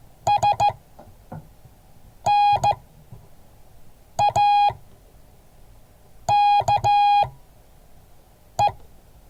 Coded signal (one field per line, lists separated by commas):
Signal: Morse code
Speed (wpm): 14 wpm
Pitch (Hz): 820 Hz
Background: none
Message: SNAKE